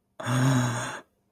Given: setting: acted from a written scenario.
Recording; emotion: vocal sound without words; awe